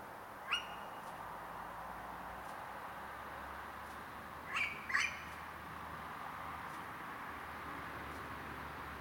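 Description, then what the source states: Tawny Owl calls, a sharp rising note, then two quick upswept notes close together about four seconds later, over a soft steady background hiss. Female recorded on a Thursday in a garden edged with evergreen fir trees where the owls are thought to live.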